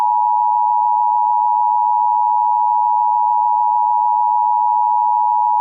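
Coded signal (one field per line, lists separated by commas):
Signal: Emergency Alert System (SAME) tones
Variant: 853 and 960 Hz attention tone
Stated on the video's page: Fictional EAS scenario, simulated rather than a real alert.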